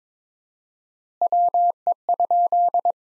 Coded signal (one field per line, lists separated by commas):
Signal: Morse code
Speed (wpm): 22 wpm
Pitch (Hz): 700 Hz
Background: none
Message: WE?